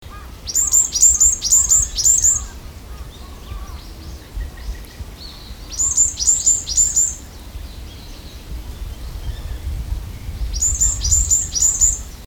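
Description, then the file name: Varied tit calling in three bursts of several very high, thin, sharp notes, a few seconds apart, over steady low rumbling background noise. "yamagara"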